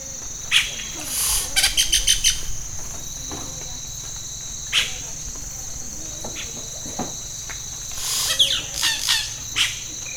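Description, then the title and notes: Yellow-rumped cacique giving bursts of rapid clicking notes at uneven intervals, over a constant shrill insect buzz. Bird in Amacayacu National Natural Park, Amazonas, Colombia; mimics other birds, frogs and even a machete being sharpened. "Parque Nacional Natural Amacayacu, Amazonas, Colombia - Pájaro Arrendajo. Este pájaro imita a otras aves, ranas y hasta machete afilando"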